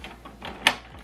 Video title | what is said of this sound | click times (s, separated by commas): HP DESKJET 4220e Unboxing Review- How to Install Ink Cartridges!! | you hear a click sound the second | 0.7 s